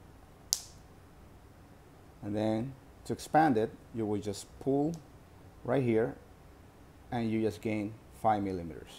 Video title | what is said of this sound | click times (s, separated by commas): Rolex Milgauss Z Blue Dial - Part 2 of 2 | and then if you wanna resize it just pull it in and you will hear a click | 0.5 s